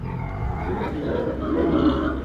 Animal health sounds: contact call of a hoofed animal; wild boar; grunt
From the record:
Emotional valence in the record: negative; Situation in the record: naturally occurring agonistic interactions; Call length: 2.3 s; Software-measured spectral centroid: 1040 Hz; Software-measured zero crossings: 940 a second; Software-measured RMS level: -24 dBFS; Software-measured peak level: -9 dBFS

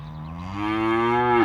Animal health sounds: contact call of a hoofed animal; cattle; low-frequency (closed-mouth) or high-frequency (open-mouth) call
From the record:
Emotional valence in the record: negative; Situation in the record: full separation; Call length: 1.45 s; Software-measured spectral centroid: 1340 Hz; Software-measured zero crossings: 1180 a second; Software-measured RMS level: -23 dBFS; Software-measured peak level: -7 dBFS

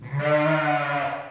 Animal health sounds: contact call of a hoofed animal; sheep; low-frequency (closed-mouth) or high-frequency (open-mouth) call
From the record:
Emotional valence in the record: negative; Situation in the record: short social isolation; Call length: 1.30 s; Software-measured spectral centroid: 1640 Hz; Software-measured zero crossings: 1880 a second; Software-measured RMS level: -23 dBFS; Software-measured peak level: -8 dBFS

